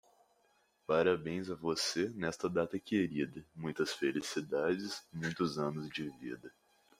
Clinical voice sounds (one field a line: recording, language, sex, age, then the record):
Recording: short text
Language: Brazilian Portuguese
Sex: male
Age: 18 to 19 years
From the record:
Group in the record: control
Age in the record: 18 years